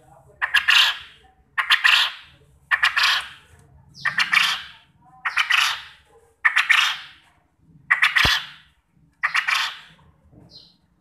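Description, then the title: Quail uttering eight harsh, buzzy bursts in a slow series. Quail call used as a lure to make quail answer and sing actively. "Burung Puyuh Mana Yang Tidak Nyaut Dan Gacor Dengan Pancingan Ini"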